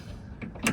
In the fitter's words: Uh, essentially, this just clicks on like so.